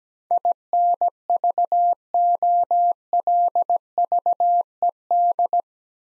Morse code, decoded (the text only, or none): INVOLVED